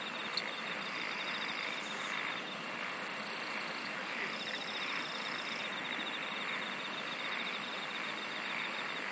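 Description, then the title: Insect chorus with a fast pulsed trill that drops out and returns, short shrill buzzes, and a constant rushing drone beneath. "SINGING OF INSECTS"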